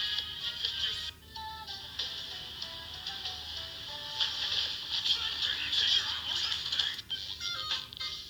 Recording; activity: daily activity, guitar pickup as the sensor; browse video